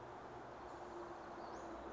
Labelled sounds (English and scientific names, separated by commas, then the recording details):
Western Flycatcher (Empidonax difficilis)
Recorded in Sonoma County, California